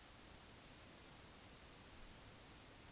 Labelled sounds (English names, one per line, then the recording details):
Eurasian Woodcock whistle
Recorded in Baden-Württemberg, Germany, on 11 June 2021 at 20:25 UTC
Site 24608, 624 m above sea level